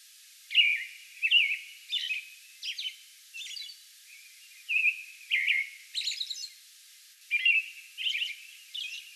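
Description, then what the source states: American robin giving bubbly, whistled phrases in small groups with brief pauses, some notes higher and buzzier than others. Song bout recorded on May 11.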